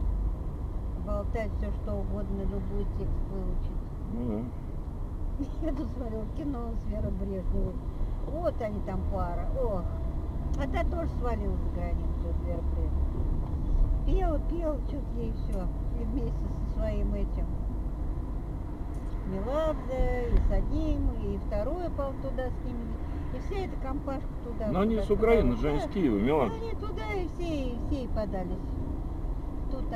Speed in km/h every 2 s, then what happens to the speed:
22, 22, 23, 22, 23, 27, 28, 27, 27, 28, 27, 28, 28, 28, 28.
0-30 steady at about 27.